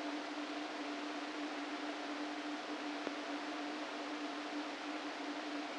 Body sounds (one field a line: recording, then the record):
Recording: brain microelectrode recording played as sound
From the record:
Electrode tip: inside the subthalamic nucleus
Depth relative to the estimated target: 0 mm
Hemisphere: right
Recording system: NeuroSet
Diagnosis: Parkinson's disease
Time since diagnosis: 13 years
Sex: male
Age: 49 years